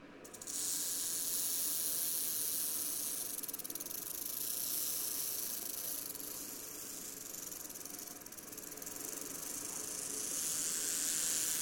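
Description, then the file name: Rock rattlesnake rattling: a steady, dry, hissing buzz starts abruptly after half a second and continues unbroken, swelling and easing slightly in loudness throughout. "Crotaluslepidus JRice"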